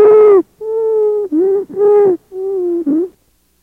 Is a particularly loud musical sound of constant pitch. Stridor in a child with croup. Stridor comes from obstruction of central airways such as the trachea or larynx.